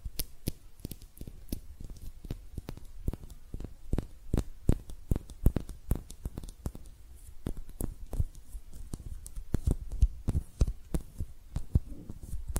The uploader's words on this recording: ASMR Relaxing Hand Sounds (No Talking).